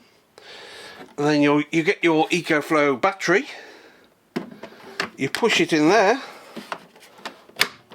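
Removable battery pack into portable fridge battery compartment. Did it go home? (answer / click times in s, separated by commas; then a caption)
yes / 7.6 s. Someone talks while a removable EcoFlow battery pack is pushed into its plastic battery compartment in an EcoFlow Glacier portable fridge, with short knocks and scrapes as it slides in. It clicks home at 7.6 s and is seated.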